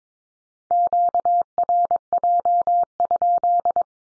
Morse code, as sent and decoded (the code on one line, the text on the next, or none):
--.- .-. .--- ..--..
QRJ?